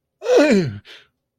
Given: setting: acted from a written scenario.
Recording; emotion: vocal sound without words; pain